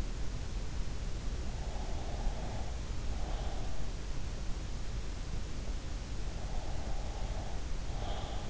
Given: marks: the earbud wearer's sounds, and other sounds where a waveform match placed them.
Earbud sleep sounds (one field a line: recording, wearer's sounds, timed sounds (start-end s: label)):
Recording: sounds in sleep by an in-ear microphone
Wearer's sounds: breath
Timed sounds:
1.56-3.82 s: breath
6.31-8.50 s: breath